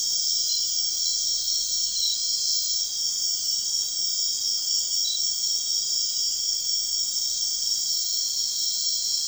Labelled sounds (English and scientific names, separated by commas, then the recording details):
none
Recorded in dense forest near Puerto Asís, Putumayo, Colombia, on 4 March 2025 at 02:30
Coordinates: 0.499, -76.324
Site GP03